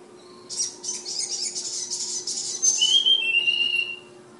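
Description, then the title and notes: Flowerpecker song: a long, rapid, buzzy high trill, followed by two clear whistled notes, the second lower. Tledekan/sulingan bird called Ababil, from Kudus. "Tledekan/Sulingan ABABIL. Suara Burung Tledekan Ababil dari Kudus"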